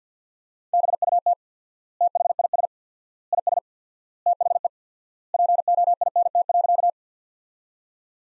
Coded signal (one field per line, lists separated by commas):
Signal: Morse code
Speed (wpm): 50 wpm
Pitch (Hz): 700 Hz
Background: none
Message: BUT THIS IS THE POINT.